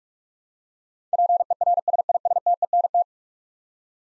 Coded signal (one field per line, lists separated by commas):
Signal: Morse code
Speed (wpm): 41 wpm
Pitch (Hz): 700 Hz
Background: none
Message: PERSISTENT